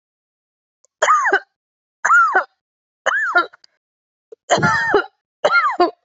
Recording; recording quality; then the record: heavy voluntary cough; excellent, no background noise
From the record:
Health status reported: healthy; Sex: female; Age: 41 years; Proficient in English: yes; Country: India